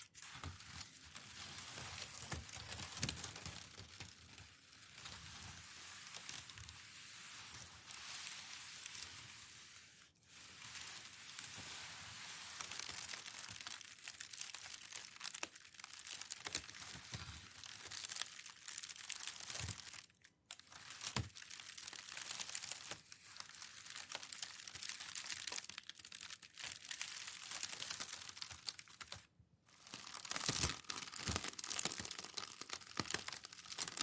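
Packing paper is crinkled and rustled slowly, a dense, bright crackle that swells and eases as it is pressed and rolled. Brief near-silent pauses fall around 10, 20 and 29 seconds before the crinkling resumes.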